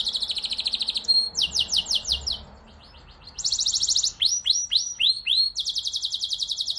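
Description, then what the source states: Domestic canary song, loud rolling trills and rapid repeated notes in distinct phrases, each a fast series at a new pitch, with one brief pause midway. Male.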